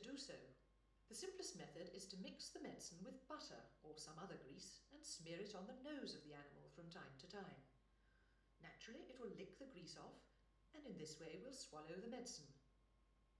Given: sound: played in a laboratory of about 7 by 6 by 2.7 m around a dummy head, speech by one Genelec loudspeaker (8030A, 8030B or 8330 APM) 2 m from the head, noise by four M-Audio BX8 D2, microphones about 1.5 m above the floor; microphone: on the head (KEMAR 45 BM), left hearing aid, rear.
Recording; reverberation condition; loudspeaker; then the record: female speech in English; medium; 120 degrees to the left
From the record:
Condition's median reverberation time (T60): about 510 ms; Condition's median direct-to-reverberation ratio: about -0.5 dB